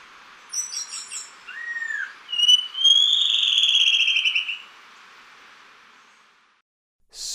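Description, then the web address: Black-winged saltator song: a few quick notes and an arched slur, then a long buzzy trilled phrase that stops abruptly, ending with a short noise. Ecuador. "S America Birds of Ecuador. Black-winged Saltator"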